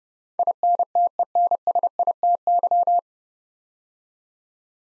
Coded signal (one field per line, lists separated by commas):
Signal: Morse code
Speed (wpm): 30 wpm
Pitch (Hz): 700 Hz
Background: none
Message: INTENSITY